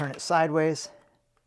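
A rubber O-ring is being handled on a metal keg lid while someone talks, before it is turned sideways to snap into the lid's groove. A faint tick sounds near 1.4 seconds, but nothing has seated or clicked yet.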